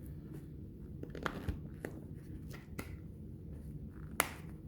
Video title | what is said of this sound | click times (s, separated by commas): Arai Defiant X pad adjustments | and you will hear an audible click as they all go into place | 1.3 s, 1.9 s, 2.8 s, 4.2 s